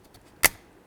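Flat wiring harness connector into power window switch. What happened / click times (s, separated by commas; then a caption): The flat plastic connector clicked into place / 0.5 s. A long flat wiring harness plug is lined up and pressed into the back of the plastic power window and door lock switch from a 1994-2004 Chevy S-10. A single sharp, bright click sounds at 0.5 s after a faint tick near 0.1 s, with quiet before and after. The connector seats and is confirmed with a tug.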